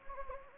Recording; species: mosquito wingbeat signal from an infrared sensor; Anopheles gambiae